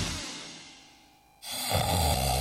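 A quiet, fading stretch gives way halfway through to one loud, low, rough rasping breath, the start of an adult's snore at night. This is acted snoring. Loud snoring, abnormal sleepiness or pauses in breathing during sleep may signal obstructive sleep apnoea, which raises the risk of heart disease, high blood pressure and stroke, and is diagnosed with a sleep test.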